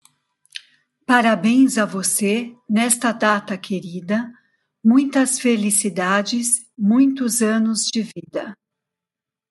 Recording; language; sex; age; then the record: short text; Brazilian Portuguese; female; 50 to 59 years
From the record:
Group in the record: control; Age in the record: 56 years